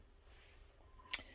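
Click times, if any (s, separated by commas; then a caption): 1.1 s. A bobbin is pushed into the bobbin holder of a Kenmore 158.13400 sewing machine after the door is opened and the clutch tightened. Over a quiet background, one sharp, bright click sounds at 1.1 s as the bobbin snaps into place and is seated.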